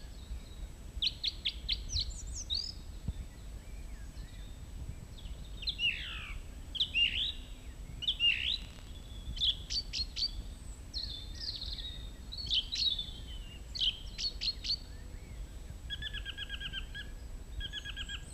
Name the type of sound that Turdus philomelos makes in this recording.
song